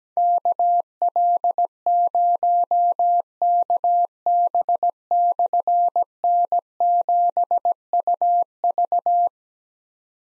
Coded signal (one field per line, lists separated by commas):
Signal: Morse code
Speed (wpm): 17 wpm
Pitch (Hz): 700 Hz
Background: none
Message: KL0KB/N7UV